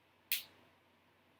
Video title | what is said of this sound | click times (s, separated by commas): A must upgrade for Slash Bandit Rustler Stampede GTR Shocks better than just shock cap replacement | hear the click then go right should be smooth grab | 0.3 s